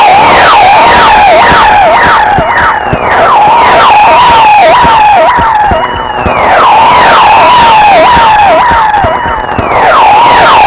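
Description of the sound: Continuous warbling, siren-like tones with falling chirps, a synthetic tinnitus stimulus heard as ringing bells.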